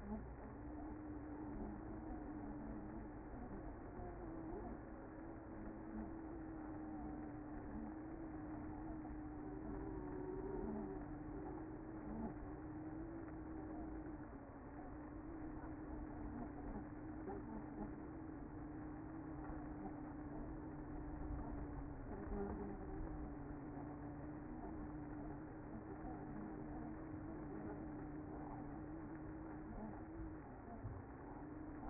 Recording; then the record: honeybee colony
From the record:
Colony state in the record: active